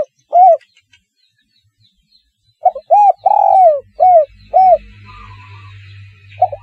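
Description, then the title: Spotted dove coos: a single hoot, then a phrase of arched notes with a longer rolling coo in the middle, followed by a low hum. "Tekukur"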